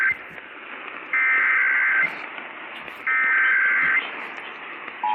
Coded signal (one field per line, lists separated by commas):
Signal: Emergency Alert System (SAME) tones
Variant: header bursts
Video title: GOODBYE 2018... EAS Alerts from 12/4/18 - 12/26/18 (EAS #1,942 - 1,963)